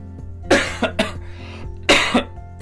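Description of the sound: About five short, harsh coughs come in two clusters over roughly two seconds, each an abrupt noisy burst. They interrupt speech and sound like a dry, irritated coughing bout. A steady low hum runs underneath.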